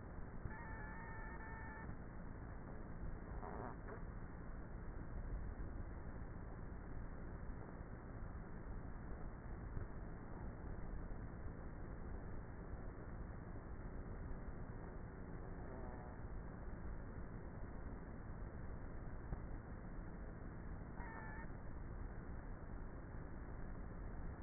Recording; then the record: honeybee colony, microphone inside the hive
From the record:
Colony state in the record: queenless with a low population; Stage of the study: before two queens were removed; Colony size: about 30,000 bees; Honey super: no